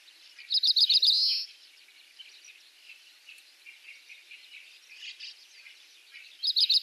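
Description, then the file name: Oriental Greenfinch giving fast twittering trills, one at the start and another near the end, separated by soft scattered chirps over steady outdoor background noise. Recorded in Saitama, Japan, on 6 June 2021. "kawarahiwa saitama oi"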